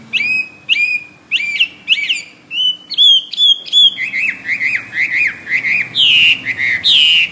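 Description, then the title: Bird song made of repeated sharp, harsh chirps about twice a second, shifting into quick wavering whistled notes and a long slurred whistle. "SuaraBurung Kicau"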